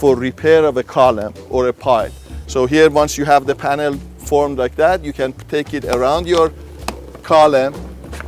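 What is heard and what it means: Someone talks while a formed plastic concrete-form panel is handled and taken around a column for repair, with its edge connectors about to join it into a cylinder. Only speech is heard, with a faint steady background. Nothing has seated or clicked yet, as the clip ends before the last edge snaps together.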